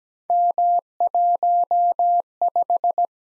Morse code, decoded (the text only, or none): M15